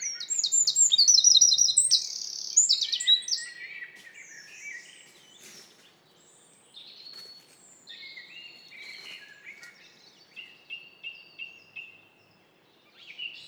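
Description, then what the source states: Eurasian Wren singing a rapid, high, rattling song for about three seconds, then quieter scattered notes and a softer trill near the end. Sung in the evening in forest, 25–26 May 2019, Lesches and Saint-Dizier-en-Diois, Diois, France, in spring; Nagra Seven recorder with two MKH40 and 8020 microphones.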